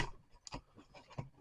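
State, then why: Not seated. A plastic head section of a Mecha Invasion GLA transformable mecha figure is folded down to bring the head out, with soft plastic rubbing and scraping, a brief sharp tick near 0.5 s and a duller knock near 1.2 s. The section does not snap into place, and nothing has seated or clicked.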